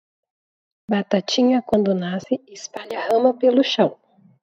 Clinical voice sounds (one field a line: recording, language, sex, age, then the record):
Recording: short text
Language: Brazilian Portuguese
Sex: female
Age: 20 to 29 years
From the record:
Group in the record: control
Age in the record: 28 years